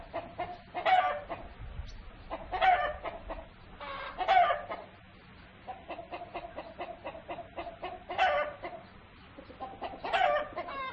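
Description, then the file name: Rooster: chicken calls: five loud nasal squawks at uneven intervals, separated by quick runs of soft clucking, with a faint low hum underneath. "gallo"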